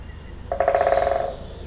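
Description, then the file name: Woodpecker drumming: one quick, even roll of knocks lasting under a second, with a steady low rumble underneath. Binaural recording. "Binaural Birds Woodpecker"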